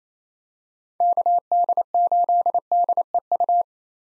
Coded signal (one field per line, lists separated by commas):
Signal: Morse code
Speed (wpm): 28 wpm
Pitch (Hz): 700 Hz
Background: none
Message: KD8DEU